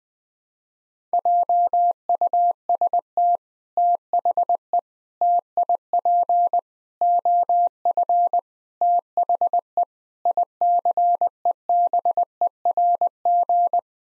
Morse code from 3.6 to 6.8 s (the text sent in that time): THE TIP